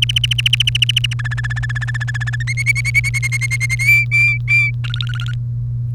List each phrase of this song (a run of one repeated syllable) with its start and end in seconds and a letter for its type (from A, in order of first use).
0.02-1.13 A, 1.19-2.43 B, 2.47-3.75 C, 3.79-4.71 D, 4.84-5.34 E